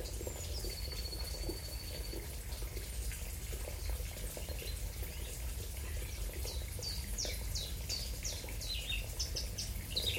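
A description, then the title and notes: Outdoors in the countryside, a long thin whistle early on, then quick bright bird chirps from six seconds, over steady low wind rumble. Bottengoms, Wormingford, Essex. Birds that can be heard include Garden Warbler, Blackcap, Dunnock, Wren, Chiffchaff, Starling, Blue Tit, Linnet, Nightingale, Bullfinch, Wood Pigeon, Redstart and Willow Warbler.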